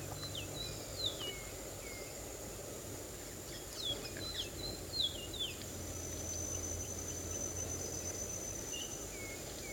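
Bird calls: a series of short, high, downslurred chirps, some in quick pairs, over a steady high insect whine and low background rumble.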